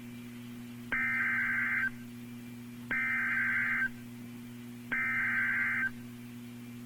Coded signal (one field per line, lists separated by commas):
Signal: Emergency Alert System (SAME) tones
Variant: header bursts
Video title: EAS #1300 - Severe Thunderstorm Warning 11-5-2015